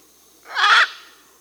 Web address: S America Scarlet Macaw (Ara macao), Peru